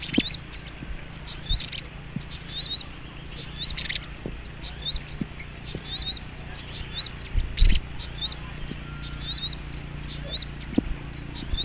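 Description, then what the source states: Little Spiderhunter song: very high, thin notes with short descending twittered trills, phrases repeated roughly once a second over a faint low hum. Masteran (training) recording; song style called Labaik.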